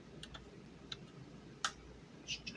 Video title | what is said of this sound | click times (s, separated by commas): Excelsior Refit and Upgrades Part 1 Remastered | snap right in | 1.7 s